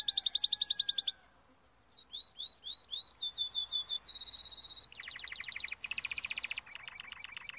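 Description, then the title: Timbrado canary song in varied tours: a fast high trill, a pause, then repeated swooping notes, a steady ringing trill and lower, harsher rolling buzzes. Timbrado canary song used as a training recording. "Canary Bird Singing - Timbrado training video"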